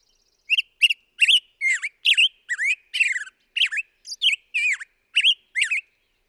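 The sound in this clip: Black-headed grosbeak song: a quick run of rich whistled notes, rising and falling in a rolling phrase, with no other sounds.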